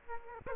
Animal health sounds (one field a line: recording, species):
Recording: mosquito wingbeat signal from an infrared sensor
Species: Aedes aegypti